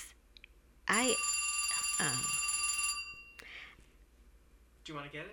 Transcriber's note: a telephone rings